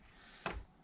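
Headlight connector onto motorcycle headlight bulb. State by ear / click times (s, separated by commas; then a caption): seated / 0.5 s. A wiring connector is pushed onto the headlight bulb of a Yamaha DT125LC motorcycle, making one sharp snap at 0.5 s against a quiet background. The connector slots on and is seated.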